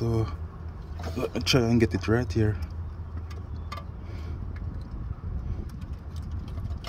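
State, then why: Not seated. Someone talks while reaching under a 2001 Chevy Venture van to push the oxygen sensor's plastic wiring connector into the vehicle harness connector. A low steady rumble runs underneath, with small faint handling ticks and rattles from about 3.7 s onward. The connector has not clicked or seated yet.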